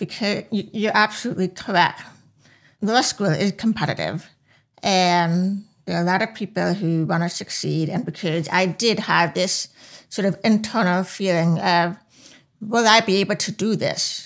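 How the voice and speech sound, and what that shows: Fluent adult female speech with slightly nasal resonance and softened consonants, a mild deaf accent.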